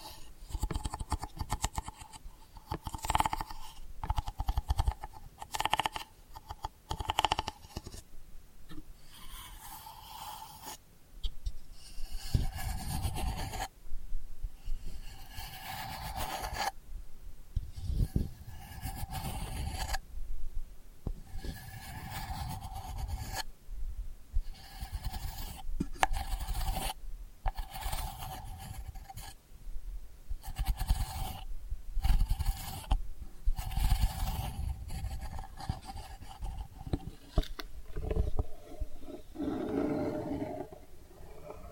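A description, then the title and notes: Delicate scratching goes on almost without pause, a dry, raspy rubbing made of dense bursts that start and stop every second or so. Short sharp strokes reach up into bright hiss, and a faint steady tone hums underneath throughout. ASMR Delicate Scratching for Sleep (No Talking).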